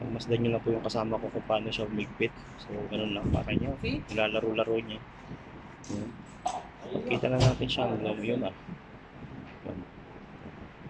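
The plastic oil filter housing cap on the engine oil filter housing of a 2014 BMW 528i is being tightened down with a tool so it will sit flush against the housing, while someone talks over faint handling sounds. Nothing has seated or clicked yet; the clip ends before the cap goes home.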